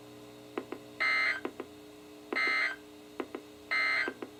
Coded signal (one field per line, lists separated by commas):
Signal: Emergency Alert System (SAME) tones